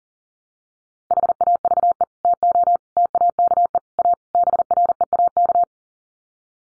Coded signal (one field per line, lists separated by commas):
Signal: Morse code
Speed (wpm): 40 wpm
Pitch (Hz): 700 Hz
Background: none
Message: HAVE TO TAKE A BREAK